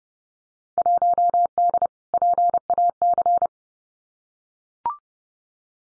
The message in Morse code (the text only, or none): 1D PAC